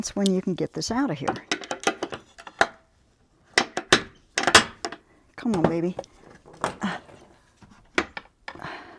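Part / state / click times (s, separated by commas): spring retaining clip on a liftgate gas support end fitting / seated / 8.0 s, 8.5 s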